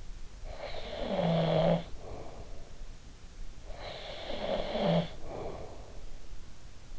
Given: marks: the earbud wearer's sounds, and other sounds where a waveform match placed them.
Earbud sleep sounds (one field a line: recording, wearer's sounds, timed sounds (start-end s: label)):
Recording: sounds in sleep by an in-ear microphone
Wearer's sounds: snoring breath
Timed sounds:
0.20-3.00 s: snoring breath
3.55-6.15 s: snoring breath